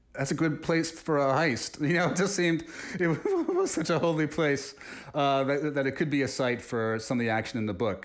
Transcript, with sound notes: that's a good place for a heist. You know, it just seemed - (laughter) it was such a holy place that it could be a site for some of the action in the book.